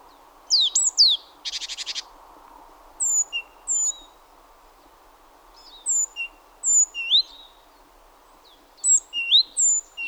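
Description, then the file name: Great tit calls: sharp falling notes, one dense buzzy rattle, then scattered rising whistled notes and high thin squeaks. "Parus major"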